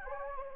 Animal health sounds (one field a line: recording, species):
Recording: mosquito wingbeat signal from an infrared sensor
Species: Anopheles gambiae